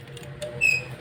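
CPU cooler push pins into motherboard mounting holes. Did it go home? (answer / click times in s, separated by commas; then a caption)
no / none. A CPU cooler's plastic push pins are handled over the motherboard mounting holes, with a low steady hum and soft rustling, a brief faint tick near 0.4 s and a thin high whine around 0.6–0.8 s. Nothing has seated or clicked into place yet.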